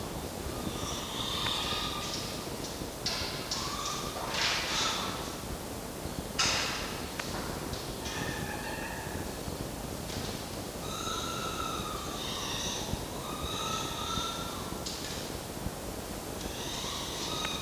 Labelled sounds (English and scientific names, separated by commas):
Red Fox (Vulpes vulpes)